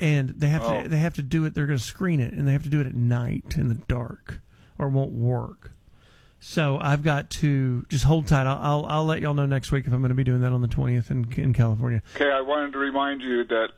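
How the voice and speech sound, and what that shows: An adult man talks fluently on a radio show, with steady pace, clear consonants and a normal, even voice.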